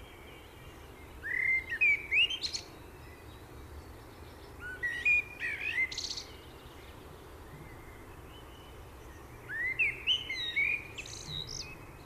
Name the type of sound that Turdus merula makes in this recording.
song